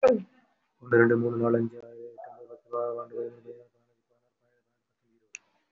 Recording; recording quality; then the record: counting at a fast pace; moderate, slight background noise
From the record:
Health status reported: respiratory illness, not identified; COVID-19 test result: negative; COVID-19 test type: RT-PCR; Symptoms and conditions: cold, breathing difficulty, sore throat, asthma, another respiratory illness, another condition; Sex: male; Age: 39 years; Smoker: no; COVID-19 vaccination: one dose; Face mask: worn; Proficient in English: no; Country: India